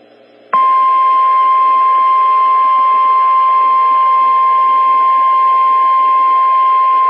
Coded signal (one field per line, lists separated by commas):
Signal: Emergency Alert System (SAME) tones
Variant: 1050 Hz attention tone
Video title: Severe Thunderstorm Warning (EAS #297)